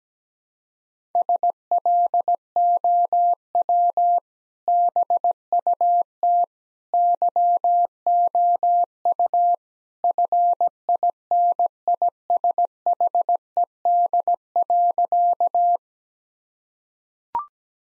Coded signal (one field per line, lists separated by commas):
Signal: Morse code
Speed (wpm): 17 wpm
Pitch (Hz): 700 Hz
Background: none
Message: SLOW BUT YOU FINISHED.